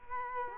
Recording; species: mosquito wingbeat signal from an infrared sensor; Culex quinquefasciatus